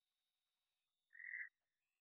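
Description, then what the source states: Red-eyed tree frog giving a single short, harsh chack lasting under half a second, otherwise near silence with a faint high background hum. Call type 2.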